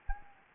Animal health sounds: mosquito wingbeat signal from an infrared sensor; Anopheles gambiae

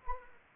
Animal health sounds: mosquito wingbeat signal from an infrared sensor; Anopheles arabiensis

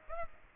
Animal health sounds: mosquito wingbeat signal from an infrared sensor; Aedes aegypti

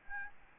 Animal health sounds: mosquito wingbeat signal from an infrared sensor; Aedes albopictus

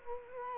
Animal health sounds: mosquito wingbeat signal from an infrared sensor; Culex quinquefasciatus

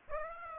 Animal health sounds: mosquito wingbeat signal from an infrared sensor; Aedes aegypti

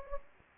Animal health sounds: mosquito wingbeat signal from an infrared sensor; Anopheles gambiae

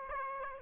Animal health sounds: mosquito wingbeat signal from an infrared sensor; Aedes aegypti

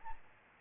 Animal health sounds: mosquito wingbeat signal from an infrared sensor; Aedes albopictus

